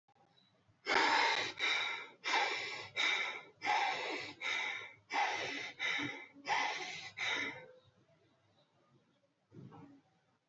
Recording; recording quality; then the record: shallow breathing; excellent, no background noise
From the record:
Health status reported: healthy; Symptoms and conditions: none ticked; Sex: male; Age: 35 years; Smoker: not ticked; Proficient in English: yes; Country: India